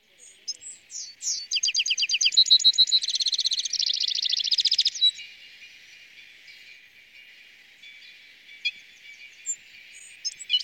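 Citril finch song, a fast twittering run of buzzy trills and chirps that changes pitch often, then fades into softer scattered notes.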